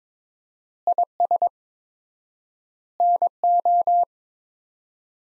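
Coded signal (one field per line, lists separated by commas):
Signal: Morse code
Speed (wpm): 22 wpm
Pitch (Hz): 700 Hz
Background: none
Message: IS NO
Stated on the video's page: Morse practice set of five-word groups at 22 wpm with 4x word spacing, a Farnsworth-like method using words, for head-copy training.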